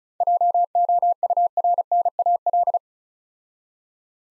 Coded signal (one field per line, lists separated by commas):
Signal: Morse code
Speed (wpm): 36 wpm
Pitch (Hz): 700 Hz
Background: none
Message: JOURNAL